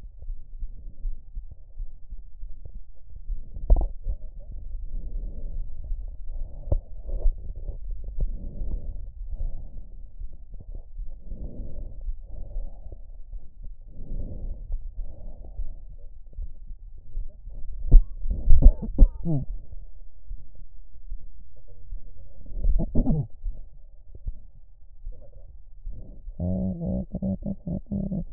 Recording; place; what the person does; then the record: lung sounds by stethoscope; right anterior apical chest; quiet breathing, then cough and speech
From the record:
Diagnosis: COPD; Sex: female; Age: 72 years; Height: 156 cm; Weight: 72 kg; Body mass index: 29.6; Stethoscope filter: extended mode